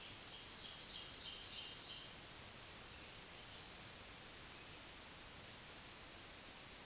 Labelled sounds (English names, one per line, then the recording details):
Black-throated Green Warbler song
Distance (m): 35 m
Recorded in a Pennsylvania forest on 1 June 2023 at 08:56
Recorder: AudioMoth, point grid3_35_low
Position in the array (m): 160 m, 143 m